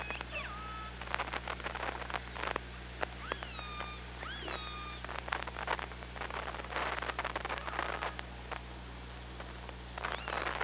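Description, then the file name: Killer whale calls: several bending, arching tonal calls, some rising and some falling, early on, then dense clicking and crackling underwater noise over a low steady hum. Hydrophone at OrcaLab, 24 August 2017, 15:49. "Orca Lab 20170824 154929"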